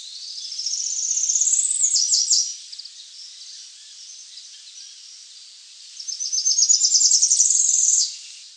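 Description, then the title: Tropical parula singing twice, each song a fast, high, buzzy trill that rises, separated by several seconds of quiet background hiss. "LuckyPassaro Completos2Sama. Tropical Parula (Setophaga pitiayumi)"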